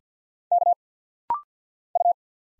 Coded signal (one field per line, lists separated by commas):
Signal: Morse code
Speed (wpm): 50 wpm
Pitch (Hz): 700 Hz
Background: none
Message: K U